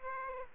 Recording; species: mosquito wingbeat signal from an infrared sensor; Aedes aegypti